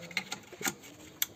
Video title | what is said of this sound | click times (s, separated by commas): BMW Serie 1 E82 118d - Diagnóstico y Limpieza del Filtro DPF - Solución | until we hear the click and we are going to | 1.2 s